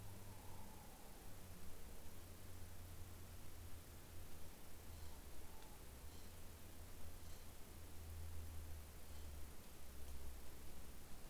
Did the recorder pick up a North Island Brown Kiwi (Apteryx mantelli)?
no